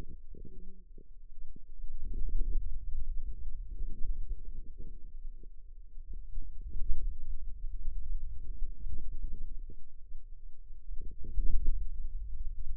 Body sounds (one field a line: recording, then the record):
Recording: forearm muscle sounds (acoustic myography)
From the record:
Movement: hand closing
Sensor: system 2, bracelet of six BSWA MPA416 microphones around the upper forearm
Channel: 2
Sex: female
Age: 21 years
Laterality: right